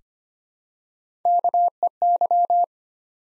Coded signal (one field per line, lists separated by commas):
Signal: Morse code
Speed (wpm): 25 wpm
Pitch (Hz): 700 Hz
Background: none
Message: KEY